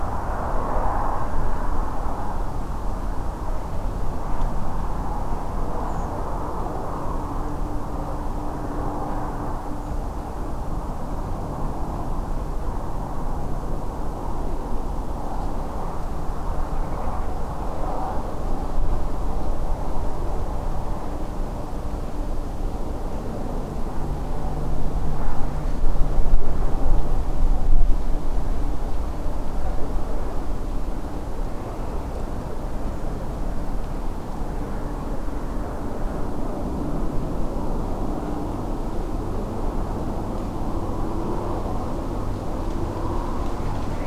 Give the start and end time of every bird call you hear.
5.88s-6.06s: Turdus iliacus

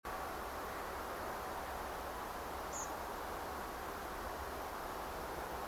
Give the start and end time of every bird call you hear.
2.72s-2.87s: Anthus trivialis

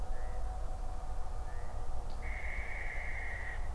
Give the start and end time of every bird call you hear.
2.21s-3.59s: Tyto alba

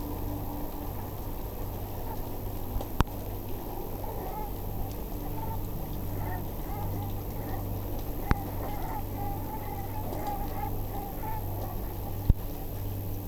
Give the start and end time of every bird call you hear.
2.06s-2.18s: Branta bernicla
4.04s-4.49s: Branta bernicla
5.21s-5.55s: Branta bernicla
6.20s-7.61s: Branta bernicla
8.22s-11.75s: Branta bernicla

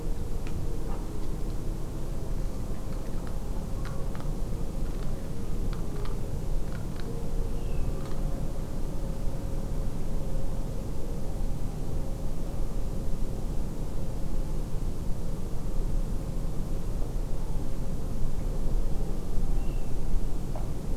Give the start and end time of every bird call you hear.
7.55s-7.88s: Rallus aquaticus
19.57s-19.91s: Rallus aquaticus

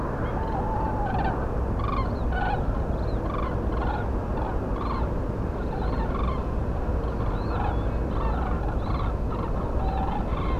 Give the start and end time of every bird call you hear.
0.35s-1.19s: Strix aluco
0.41s-1.34s: Grus grus
1.79s-2.57s: Grus grus
2.92s-4.06s: Grus grus
4.35s-5.05s: Grus grus
5.58s-6.41s: Grus grus
7.01s-9.50s: Grus grus
9.79s-10.60s: Grus grus

